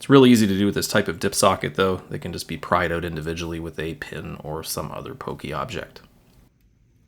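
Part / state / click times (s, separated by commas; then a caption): 24-pin DIP socket into motherboard through-holes / not seated / none. Someone talks while handling a 24-pin DIP socket with a few pins removed, because some unused through-holes on the FIC 486-VC-HD motherboard are still plugged with solder, so the socket can fit where the RTC module goes. Speech fills the first six seconds, followed by near silence with a faint tick around 6.6 seconds. The socket is not yet pushed into the board's through-holes, and nothing has seated or clicked yet.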